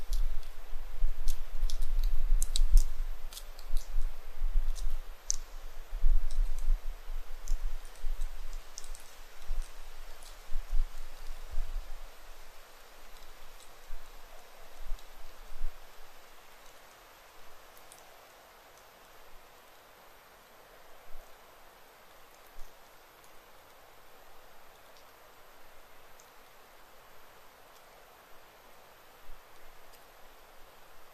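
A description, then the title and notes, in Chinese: A very quiet deep forest, with faint, scattered high chirps and ticks that come often in the first half and thin out later. A soft, even hiss fills the background, with a few low rumbles and rustles early on. 林薮呖呖·极静深野。朝生夕死的虫啊！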